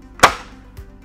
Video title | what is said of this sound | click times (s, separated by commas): ADJUSTABLE CAGED FOLDABLE LADDER | can lock those back into place and then slowly allow that to drop down until that locks into place and then | 0.2 s